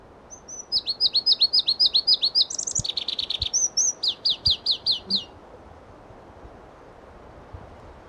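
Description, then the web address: Pallas's leaf warbler song: a fast, high series of repeated whistled notes changing to buzzy trills and clear chips, each phrase a new pitch, lasting about five seconds. Listvyanka, 25 June 2012. "June 25 2012 Phproregulus Listvyanka"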